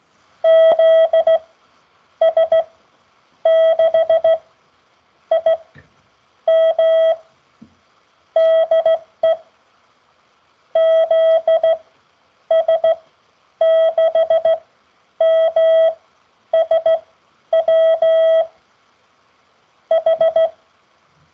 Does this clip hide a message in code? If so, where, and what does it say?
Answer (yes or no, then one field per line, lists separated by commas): yes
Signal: Morse code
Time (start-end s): 0.4-20.5 s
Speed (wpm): 16 wpm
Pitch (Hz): 650 Hz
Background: none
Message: ZS6IM DE ZS6MSW H